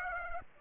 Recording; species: mosquito wingbeat signal from an infrared sensor; Aedes aegypti